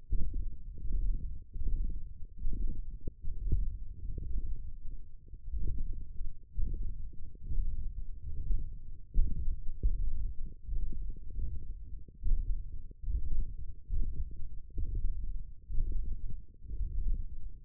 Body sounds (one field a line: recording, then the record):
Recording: forearm muscle sounds (acoustic myography)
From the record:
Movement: hand opening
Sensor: system 1, eight BSWA MPA416 microphones around the upper forearm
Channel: 7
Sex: male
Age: 21 years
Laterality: right